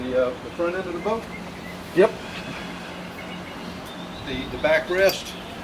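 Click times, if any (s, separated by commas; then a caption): none. A folding backrest is being fitted into the bow seat mount on the front seat of a Key West 219 center console boat while someone talks. The backrest is being handled but nothing has seated or clicked yet.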